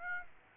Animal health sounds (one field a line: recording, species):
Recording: mosquito wingbeat signal from an infrared sensor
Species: Aedes aegypti